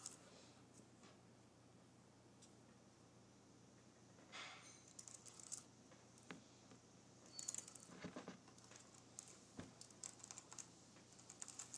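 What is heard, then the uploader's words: Fingernails graze and tap across a keyboard in scattered bursts, with a busier, louder stretch around four to five seconds and another near seven to eight. The scratches are bright and clicky over a faint steady low hum that runs throughout. Nails Grazing Across my Keyboard.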